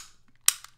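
The takedown lever on a WE-Tech DM 3.8 Compact gas blowback airsoft pistol is flipped down with the gun tilted up slightly, after the slide is put back on the frame. A single sharp, bright click sounds at 0.5 s, followed by a quieter tick at 0.6 s. The lever locks the slide in place and the pistol is reassembled and ready to go.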